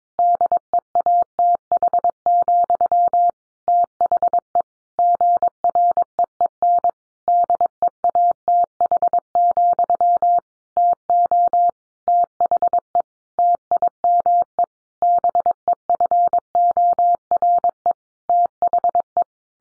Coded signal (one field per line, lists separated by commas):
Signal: Morse code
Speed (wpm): 22 wpm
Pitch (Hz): 700 Hz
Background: none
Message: DEATH, THE GREEN DEATH, TO THE TIME BEFORE THE